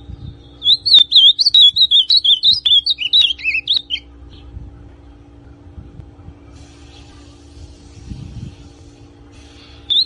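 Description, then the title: Ultramarine grosbeak song: a three-second run of fast, slurred warbling notes, then quiet with low rumbling and a brief note starting again at the end. Classic song style of the ultramarine grosbeak. "Azulão Canto Clássico"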